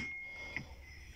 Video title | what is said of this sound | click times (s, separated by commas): "Проектирование" и "изготовление" Граммофона (начало) | сел на место превращения есть немножко гуляния | 0.6 s